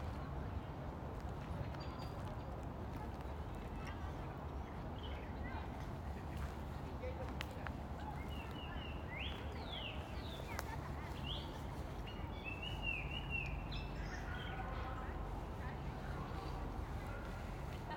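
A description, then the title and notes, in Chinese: Outdoor ambience near a riverside garden, with a steady low rumble of traffic throughout. Voices murmur faintly, and birds chirp and whistle brightly now and then, most clearly between about eight and fourteen seconds. 坝河滨河花园附近。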